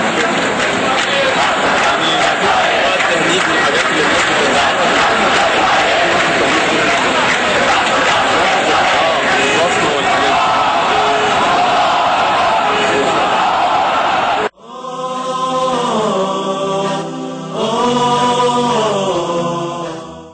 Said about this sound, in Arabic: وردد المتظاهرون هتافات تطالب بطرد السفير الإسرائيلي وإغلاق السفارة وإلغاء معاهدة كامب ديفيد.